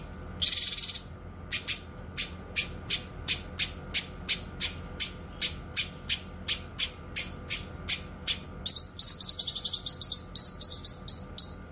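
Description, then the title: Streaked spiderhunter: one harsh burst, then evenly spaced dry clicking notes about every third of a second, ending in a quick run of high, sharp chips. Bird singing actively, clear and long; used for tutoring other birds. "Pijantung Gunung Gacor Jernih Panjang"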